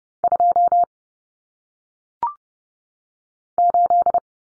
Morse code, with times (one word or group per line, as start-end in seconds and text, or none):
0.2-0.8 2
3.6-4.2 8